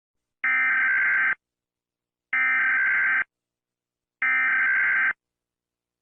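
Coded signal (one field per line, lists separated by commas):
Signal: Emergency Alert System (SAME) tones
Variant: header bursts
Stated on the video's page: Fictional alert scenario.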